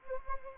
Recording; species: mosquito wingbeat signal from an infrared sensor; Anopheles gambiae